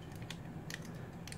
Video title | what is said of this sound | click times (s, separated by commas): Transformers BadCube OTS-11 Speedbump (Trailbreaker) - Defensive Strategist | and then that locks in a place like that so now we can pull out this little let's get this out | 0.7 s